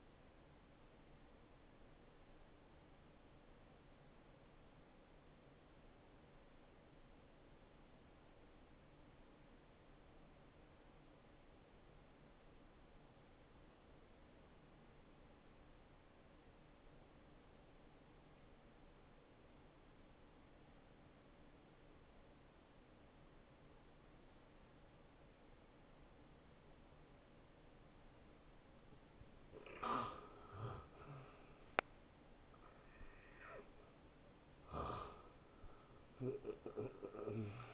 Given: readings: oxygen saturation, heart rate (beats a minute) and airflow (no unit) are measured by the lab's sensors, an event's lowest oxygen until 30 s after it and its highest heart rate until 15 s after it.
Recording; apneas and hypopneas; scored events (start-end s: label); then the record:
breathing in sleep by a voice recorder at the bedside; 1
3.00-29.70 s: obstructive apnea (N1, oxygen 91% highest, then 81% lowest, heart rate 59 at the start, 76 highest)
From the record:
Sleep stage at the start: N1 (lightest sleep); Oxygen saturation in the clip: 84 to 91%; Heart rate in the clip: 51 to 73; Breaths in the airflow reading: 3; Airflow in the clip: -17.6 to 6.5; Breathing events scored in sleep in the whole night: 263 in 5.5 hours asleep